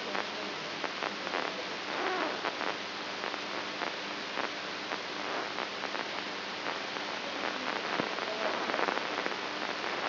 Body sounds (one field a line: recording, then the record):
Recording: brain microelectrode recording played as sound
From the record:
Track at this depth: inside the subthalamic nucleus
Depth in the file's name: 4.515 mm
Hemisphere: right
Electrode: 2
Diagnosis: Parkinson's disease